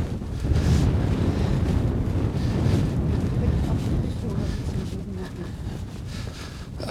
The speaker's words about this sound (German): also ich gehe davon aus, wir haben hier oben -2, -3 Grad und der Wind ist halt ziemlich beißend.